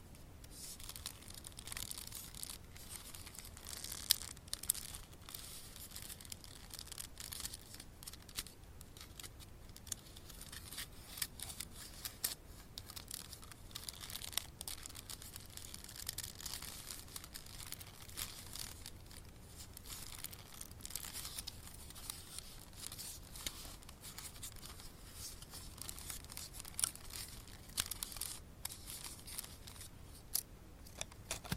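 Continuous fine scratching and crinkly rubbing with dense, irregular bright ticks and taps, steady throughout with occasional sharper clicks near four and fifteen seconds.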